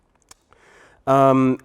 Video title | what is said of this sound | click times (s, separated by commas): ARRI Orbiter demonstration in Japan | and once you hear the click it is mounted | 0.3 s